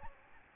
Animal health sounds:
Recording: mosquito wingbeat signal from an infrared sensor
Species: Aedes albopictus

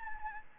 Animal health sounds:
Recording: mosquito wingbeat signal from an infrared sensor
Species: Anopheles gambiae

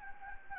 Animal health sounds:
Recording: mosquito wingbeat signal from an infrared sensor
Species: Anopheles gambiae

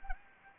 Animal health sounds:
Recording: mosquito wingbeat signal from an infrared sensor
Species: Anopheles gambiae

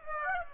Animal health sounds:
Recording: mosquito wingbeat signal from an infrared sensor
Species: Aedes aegypti

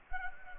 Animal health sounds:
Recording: mosquito wingbeat signal from an infrared sensor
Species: Culex pipiens

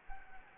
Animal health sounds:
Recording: mosquito wingbeat signal from an infrared sensor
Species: Anopheles gambiae

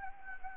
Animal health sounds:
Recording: mosquito wingbeat signal from an infrared sensor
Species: Anopheles gambiae

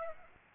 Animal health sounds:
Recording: mosquito wingbeat signal from an infrared sensor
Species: Aedes aegypti

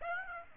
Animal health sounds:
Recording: mosquito wingbeat signal from an infrared sensor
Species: Aedes aegypti

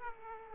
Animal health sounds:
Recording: mosquito wingbeat signal from an infrared sensor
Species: Aedes aegypti

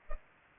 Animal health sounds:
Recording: mosquito wingbeat signal from an infrared sensor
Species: Culex pipiens

